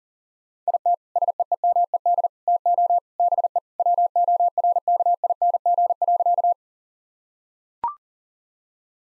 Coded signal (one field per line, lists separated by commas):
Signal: Morse code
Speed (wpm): 37 wpm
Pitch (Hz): 700 Hz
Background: none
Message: IT SEEMED TO BE WORKING.